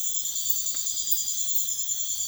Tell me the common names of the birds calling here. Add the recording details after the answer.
none. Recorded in dense forest near Puerto Asís, Putumayo, Colombia, on 21 February 2024 at 05:00. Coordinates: 0.505, -76.324. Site G6467